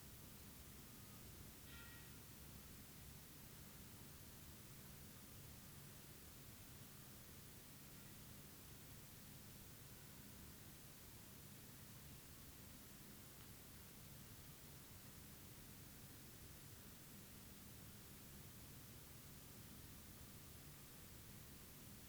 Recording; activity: daily activity, guitar pickup as the sensor; stand